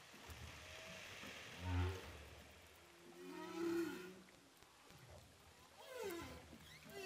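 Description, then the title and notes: Humpback whale calls underwater: a deep grunt, a mid-pitched moaning tone and a brief sweeping call, set against steady ocean hiss. Humpback whales recorded underwater with a DPA hydrophone off Saint-Paul, Réunion. "Baleines à bosse enregistrées à l'hydrophone DPA au large de saint Paul de la réunion"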